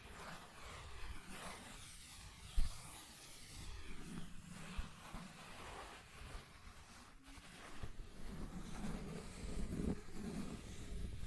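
Scratching and tracing sounds run continuously, a dense, uneven rasp with a low rumble underneath. The texture shifts in strength without a regular beat, and a sharp knock stands out near the third second, with smaller taps around five and ten seconds.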